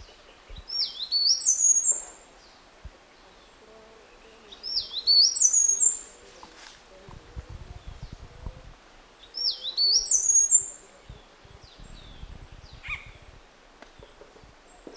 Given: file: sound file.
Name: Rote Leaf Warbler Song